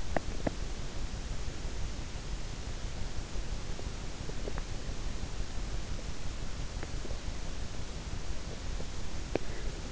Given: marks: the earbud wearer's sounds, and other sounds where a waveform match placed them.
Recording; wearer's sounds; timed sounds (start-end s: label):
sounds in sleep by an in-ear microphone; teeth grinding
0.00-0.72 s: teeth grinding